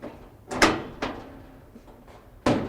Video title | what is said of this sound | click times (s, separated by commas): Edsal Tall Cabinet | snaps in place | 2.5 s